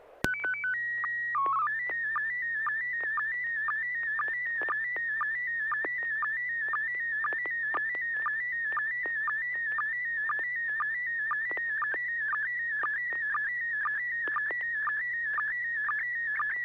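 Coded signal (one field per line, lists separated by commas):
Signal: SSTV (slow-scan television)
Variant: PD 120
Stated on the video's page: Weekly SSTV net on a 441.30 MHz FM repeater, images sent with MMSSTV software.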